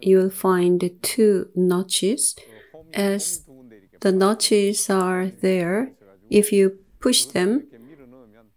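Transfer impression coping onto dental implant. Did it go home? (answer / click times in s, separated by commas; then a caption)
no / none. Someone talks while an Osstem transfer impression coping with two notches is handled before being pushed onto its seat on a dental implant. Nothing has seated or clicked yet; when it is pushed in, two clicks will mean it is fully seated, while a single click means it is not fully in.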